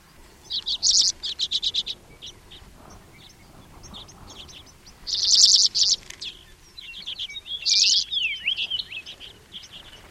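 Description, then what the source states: Arctic redpoll calls: rapid buzzy trilled chatters in short bursts, several rattling series with a few thin twittering notes between, over quiet low background. Bird call.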